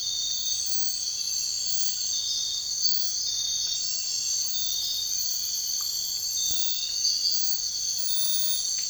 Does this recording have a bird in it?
no